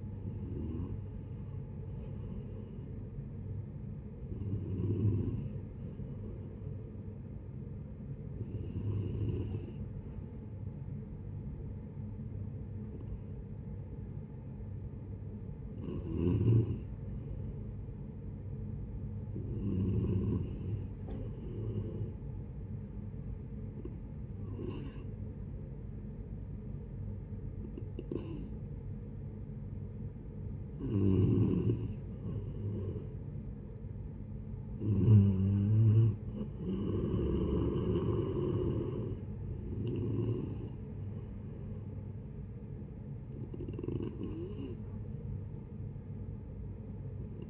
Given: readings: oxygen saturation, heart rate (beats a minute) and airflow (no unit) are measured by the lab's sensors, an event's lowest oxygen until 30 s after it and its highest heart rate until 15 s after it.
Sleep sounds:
breathing in sleep by a smartphone at the bedside; 1
12.00-32.30 s: hypopnea (N2, oxygen 94% highest, then 89% lowest, heart rate 72 at the start, 76 highest)
21.00-47.50 s: new sleep stage, N3 (deep sleep)
From the record:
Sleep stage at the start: N2 (light sleep); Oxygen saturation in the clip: 89 to 94%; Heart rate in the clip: 62 to 76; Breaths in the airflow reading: 11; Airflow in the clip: -8.6 to 13.5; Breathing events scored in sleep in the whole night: 496 in 5.4 hours asleep

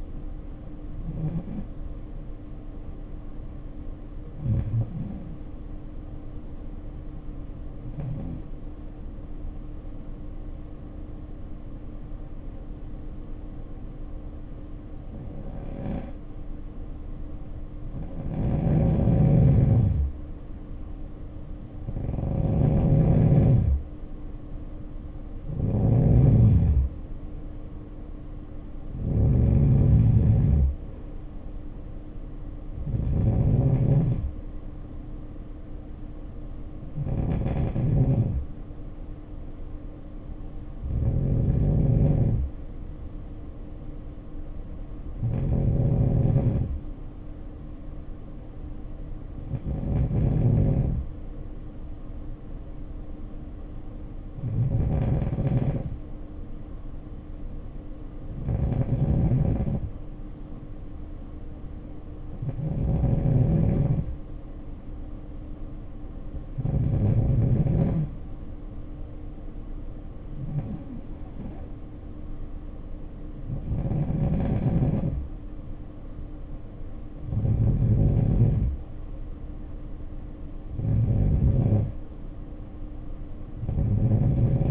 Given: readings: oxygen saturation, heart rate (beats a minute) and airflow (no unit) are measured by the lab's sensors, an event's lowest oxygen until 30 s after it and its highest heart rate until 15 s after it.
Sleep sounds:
breathing in sleep by a smartphone at the bedside; 2
3.00-19.70 s: hypopnea (N2, oxygen 94% highest, then 86% lowest, heart rate 57 at the start, 67 highest)
50.00-66.50 s: hypopnea (N2, oxygen 94% highest, then 91% lowest, heart rate 57 at the start, 60 highest)
From the record:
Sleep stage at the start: N2 (light sleep); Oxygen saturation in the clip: 86 to 94%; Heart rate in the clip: 55 to 67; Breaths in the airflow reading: 21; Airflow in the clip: -6.9 to 6.6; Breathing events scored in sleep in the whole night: 520 in 7.2 hours asleep

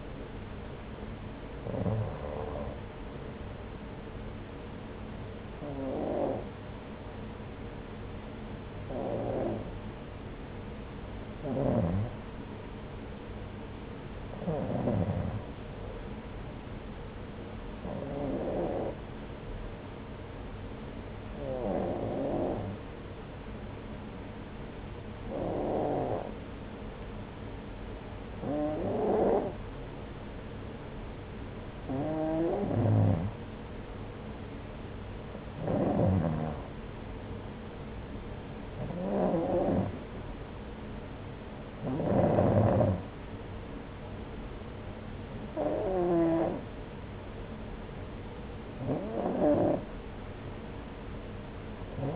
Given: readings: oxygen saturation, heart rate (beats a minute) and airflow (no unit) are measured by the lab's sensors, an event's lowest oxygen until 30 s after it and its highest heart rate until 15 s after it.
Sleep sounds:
breathing in sleep by a voice recorder at the bedside; 1
6.00-36.20 s: hypopnea (N2, oxygen 95% highest, then 92% lowest)
From the record:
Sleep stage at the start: N2 (light sleep); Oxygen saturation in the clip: 92 to 95%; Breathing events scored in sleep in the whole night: 303 in 8.1 hours asleep

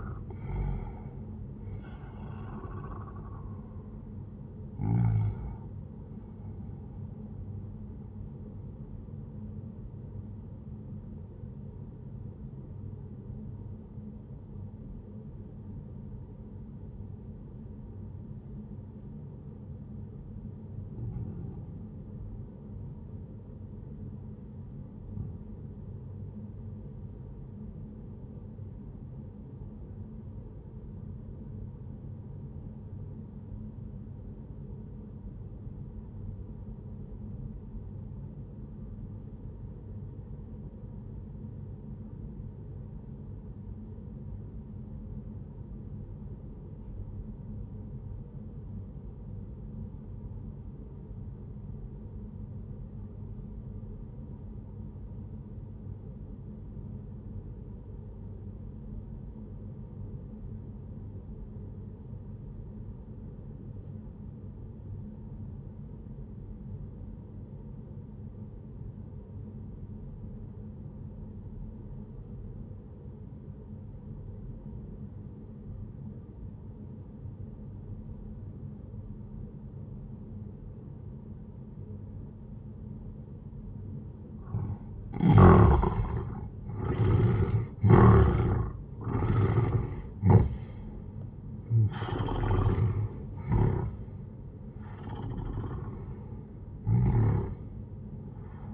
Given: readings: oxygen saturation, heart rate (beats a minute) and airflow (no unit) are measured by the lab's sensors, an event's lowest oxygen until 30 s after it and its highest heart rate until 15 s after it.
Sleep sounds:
breathing in sleep by a smartphone at the bedside; 1
12.00-85.00 s: obstructive apnea (REM, oxygen 97% highest, then 76% lowest, heart rate 74 at the start, 94 highest)
From the record:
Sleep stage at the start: REM sleep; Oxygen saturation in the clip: 75 to 97%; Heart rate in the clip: 63 to 96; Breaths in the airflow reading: 7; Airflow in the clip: -12.2 to 18.1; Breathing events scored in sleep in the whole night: 131 in 7.2 hours asleep

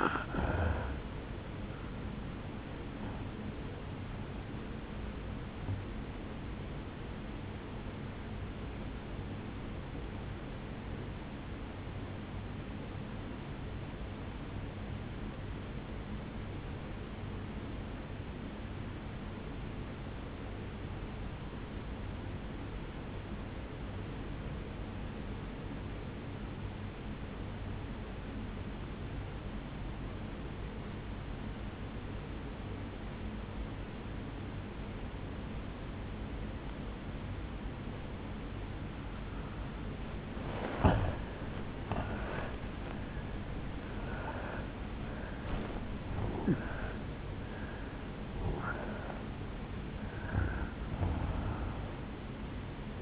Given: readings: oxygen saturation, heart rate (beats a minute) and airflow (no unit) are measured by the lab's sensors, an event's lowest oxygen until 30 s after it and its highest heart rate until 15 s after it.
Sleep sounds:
breathing in sleep by a voice recorder at the bedside; 1
9.00-39.90 s: obstructive apnea (N1, oxygen 97% highest, then 81% lowest, heart rate 63 at the start, 81 highest)
16.00-46.00 s: new sleep stage, N2 (light sleep)
46.00-53.02 s: new sleep stage, N1 (lightest sleep)
From the record:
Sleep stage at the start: N1 (lightest sleep); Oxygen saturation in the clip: 84 to 97%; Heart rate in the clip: 58 to 81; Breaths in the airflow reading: 7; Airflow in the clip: -10.3 to 9.0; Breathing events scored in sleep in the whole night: 449 in 7.0 hours asleep

